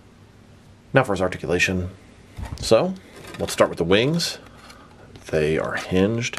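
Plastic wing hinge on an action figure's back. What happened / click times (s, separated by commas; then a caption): Handled, not yet home: no seating click from the plastic hinge / none. Someone talks while handling the hinged plastic wings on the back of a Neca Gargoyles Xanatos Steel Clan Armor Ultimate action figure, moving them toward their ratcheted hinge slots. The clip ends before any wing snaps into place, so nothing has seated or clicked yet.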